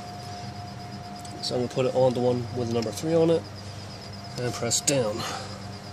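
Someone talks while handling the end of the number three spark plug wire, lining it up to press down onto the matching number three terminal of the ignition distribution block, over a steady background hum. Nothing has seated or clicked yet.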